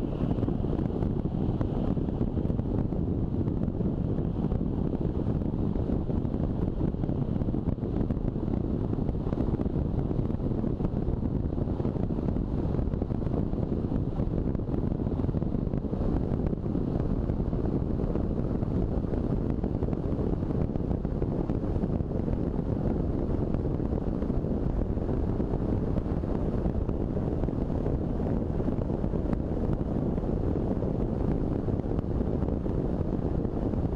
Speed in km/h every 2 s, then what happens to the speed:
35, 36, 38, 40, 41, 42, 43, 45, 46, 47, 48, 52, 52, 54, 54, 53, 52.
0-21 speeds up to 52. 21-34 steady at about 52.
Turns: none.